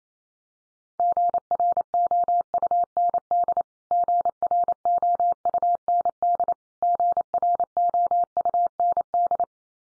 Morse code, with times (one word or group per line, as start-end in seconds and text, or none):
1.0-3.6 GROUND
3.9-6.5 GROUND
6.8-9.4 GROUND